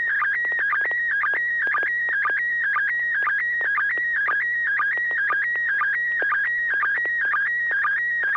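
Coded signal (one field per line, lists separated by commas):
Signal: SSTV (slow-scan television)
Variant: PD120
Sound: warbling high tone with rhythmic chirping sync blips about twice per second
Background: faint low hum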